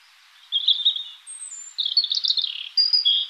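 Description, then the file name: European robin giving thin, high twittering phrases in three short bursts, with sharp trills and a brief high whistle between them. "Erithacus rubecula"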